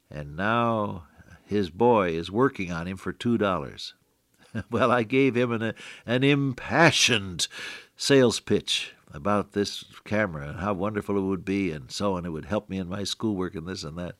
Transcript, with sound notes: And now, his boy is working on him for $2. [chuckle] Well, I gave him an impassioned sales pitch about this camera, and how wonderful it would be, and so on, it would help me in my school work, and this, and that.